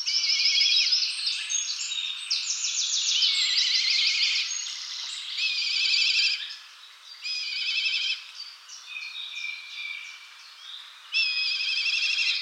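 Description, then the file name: Black kite whinnying calls, many tremulous, wavering trills overlapping one another, continuing with brief pauses throughout. "Milan noir"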